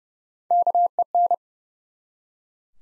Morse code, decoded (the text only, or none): KEN